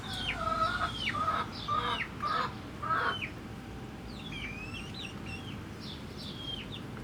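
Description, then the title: Chickens: a hen gives loud, throaty repeated clucking calls for about three seconds, then chicks continue with high, falling peeps over a low constant hum. Hens and chicks in a henhouse in a museum garden, Jette, Brussels, Belgium; recorded with a pair of DPA 4060 microphones in AB placement into a Zoom F3 recorder. "Atelier 34zero Museum, Jette, Bruxelles-Capitale, 1090, Belgique - Chicken house"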